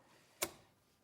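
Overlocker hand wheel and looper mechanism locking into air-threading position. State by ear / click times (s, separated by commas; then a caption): seated / 0.4 s. After the air-threading switch is flipped up, an overlocker hand wheel is turned towards the operator until its mechanism clicks and locks in place at 0.4 s, setting the upper and lower loopers for air threading. A single sharp, bright click rises out of quiet background hiss and fades within about a quarter second. The looper mechanism is seated in the air-threading position.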